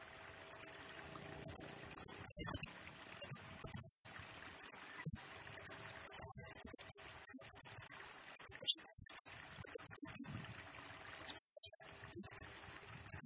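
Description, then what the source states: Blue-crowned hanging parrot song: lively sequence of thin, very high tsee notes and scratchy bursts, growing busier toward the middle and end. Lure and tutor recording for training and attracting birds; bird sings energetically (gacor) in rapid nembak style, said to stir up all other birds.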